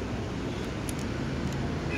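A small screw is turned by hand into the body of a lighter so its thread catches in the hole before it is tightened with a screwdriver. Steady broadband noise resembling traffic or wind runs throughout, with one brief sharp tick at about 0.9 s. Nothing has seated or clicked yet.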